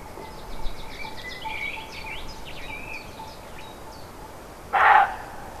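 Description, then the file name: Roe deer letting out a single harsh bark near the end, after a stretch of busy birdsong with twittering and whistled phrases. Recorded 5 May 2011 on an MZ-N710 recorder. "chevreuil 5 05 11"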